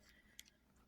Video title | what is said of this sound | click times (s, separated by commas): Transformers Studio Series BBM Core Class Ravage | It will snap into place. You'll hear a small little snap. | 0.4 s